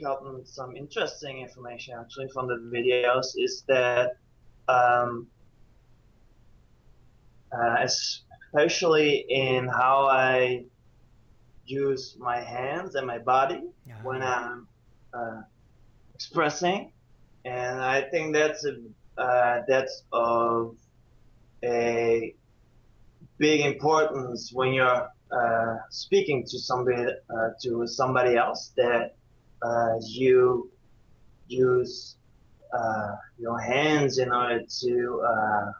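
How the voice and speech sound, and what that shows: An adult man speaks in halting bursts, with frequent drawn-out 'uh' and 'um' fillers, long silent gaps, stretched sounds inside words, and repeated phrases ('that's a, uh, that's'; 'to somebody, uh, to somebody'). This pattern fits stuttering, which began when he was five.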